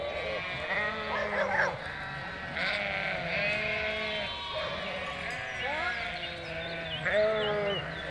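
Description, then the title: Sheep flock bleating, many overlapping quavering bleats of higher and lower pitch, continuing throughout. Flock of 467 sheep and lambs on the move, grazing grass and wild garlic; bleating chorus, highly spatialised and moving; spring day, Chindrieux, France; binaural, Fostex FR2 LE. "847 Rue de Vars, 73310 Chindrieux, France - Troupeau de moutons"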